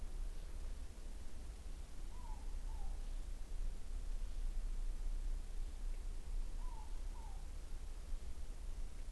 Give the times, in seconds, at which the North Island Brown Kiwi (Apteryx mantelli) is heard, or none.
none